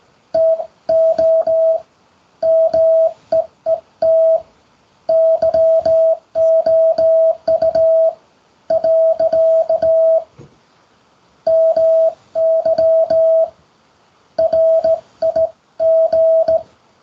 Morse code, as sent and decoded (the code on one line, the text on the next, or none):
- --- / -- . . - / -.-- --- ..- / .-.-.- / -- -.-- / .-. .. --.
TO MEET YOU . MY RIG